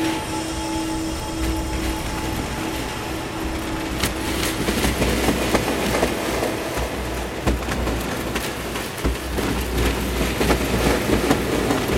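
Wind roars steadily around a greenhouse, with a faint early hum and sharp knocks near four, seven and nine seconds.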